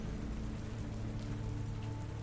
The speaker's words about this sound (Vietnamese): đáp lại Bái Thực chỉ còn tiếng mưa đang réo rắt bên ngoài khung cửa sổ